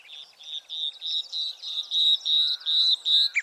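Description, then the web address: Bird call: a clear high note repeated about three times a second, steady and insistent, with faint other twitters behind. "Bird Only"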